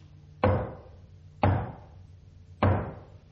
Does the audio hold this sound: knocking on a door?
yes